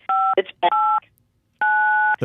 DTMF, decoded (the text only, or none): 589